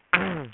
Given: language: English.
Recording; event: throat vibration sensor signal played as sound; throat clearing